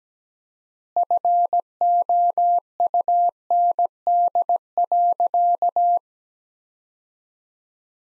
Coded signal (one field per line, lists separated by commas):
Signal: Morse code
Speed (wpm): 17 wpm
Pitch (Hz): 700 Hz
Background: none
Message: FOUND.